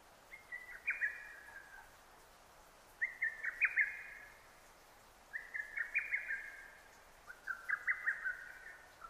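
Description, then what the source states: Lesser cuckoo repeating a hurried, stuttering phrase of piercing notes, four phrases spaced about two and a half seconds apart against a faint hiss. Recorded 6 June 2009.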